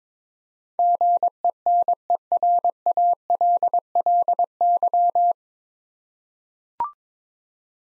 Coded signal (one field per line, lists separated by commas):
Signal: Morse code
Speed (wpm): 22 wpm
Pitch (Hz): 700 Hz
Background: none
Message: GENERALLY